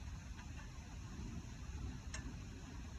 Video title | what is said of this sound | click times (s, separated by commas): Wheel Bearing Change on my M37 | do this with 2 fingers, back it up till it clicks. | 2.1 s